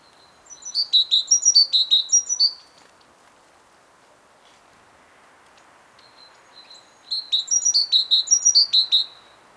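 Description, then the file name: Great tit giving two bursts of fast, sharp, high repeated notes, each lasting about two seconds, separated by a quiet gap with faint hiss. "Parus major"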